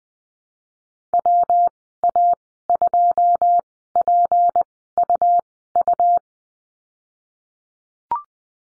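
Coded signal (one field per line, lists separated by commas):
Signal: Morse code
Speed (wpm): 20 wpm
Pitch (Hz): 700 Hz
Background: none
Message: WA2PUU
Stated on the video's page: Morse lesson drill on the letter G with call signs, Farnsworth speed 20/10 wpm.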